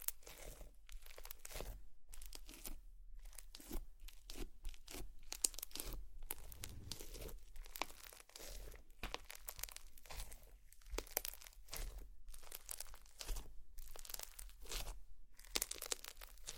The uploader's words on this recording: ASMR Slime sounds for sleep, tingles and relaxation.